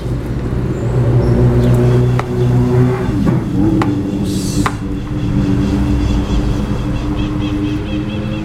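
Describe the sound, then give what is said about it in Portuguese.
Old cars passing by, their engines making a steady low rumbling drone that shifts in pitch as they go, with a few sharp clicks and no voices. “Olha os carros velhos passando aqui.”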